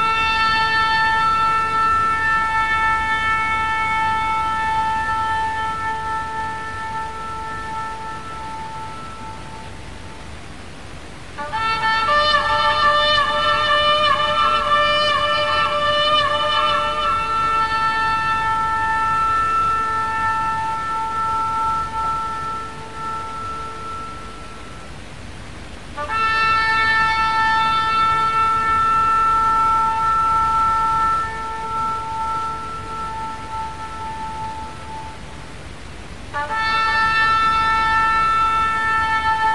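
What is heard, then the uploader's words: Long shofar blasts, each a steady, held, buzzy horn tone lasting about ten to fourteen seconds. New blasts begin around 11, 26 and 36 seconds, each opening with a slightly rougher, brighter attack before settling into the sustained note. Shofar Call • Shofar Blast.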